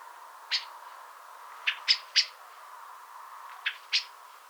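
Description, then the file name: Common blackbird giving several scattered sharp chink notes, some paired, separated by pauses of one to two seconds over faint background hiss. "Turdus merula"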